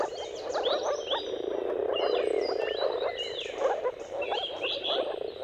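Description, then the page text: Many moor frogs produce a constant low bubbling chorus, and birds whistle and sing above it. Mating-call chorus of moor frogs at sunrise, at the turn of March and April depending on the weather; recorded by Jakub Orzecki. "earth-fm Jakub-Orzecki moor frogs. Dawn’s Chorus: Mating Calls of Marsh Frogs at Sunrise. Depending on the weather at the turn of March and April, you can witness an amazing spectacle of moor frogs"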